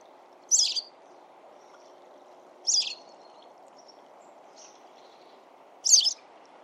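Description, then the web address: Bird calls, three short high chirps at irregular intervals over a constant low rushing background noise. "birddata Bird Only"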